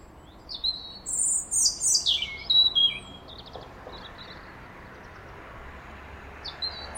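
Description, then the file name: European robin song with a bright burst of high, sliding whistles and trills, then soft hiss, then faint notes at the close. "Erithacus rubecula"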